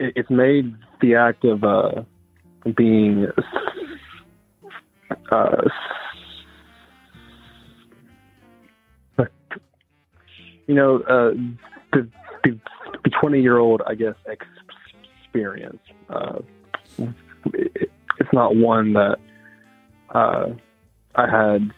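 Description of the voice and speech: Halting adult male speech with repeated "the-the-the," drawn-out sounds and long silent blocks: a fluency-disrupting speech impediment that began in youth and persisted into adulthood. The S sound is especially hard, and the disfluency gets worse with stress.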